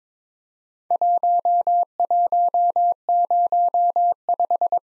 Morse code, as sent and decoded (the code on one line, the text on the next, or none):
.---- .---- ----- .....
1105